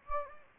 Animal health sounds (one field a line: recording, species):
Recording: mosquito wingbeat signal from an infrared sensor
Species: Anopheles gambiae